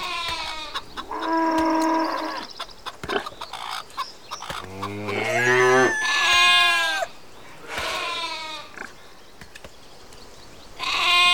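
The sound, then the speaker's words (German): Several sheep bleat in overlapping, wavering cries, some high and drawn out, others lower and shorter, fairly loud and continuous with brief gaps between calls. “Schafe, die haben wir noch nicht gesehen.”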